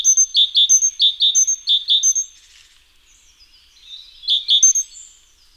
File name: Parus major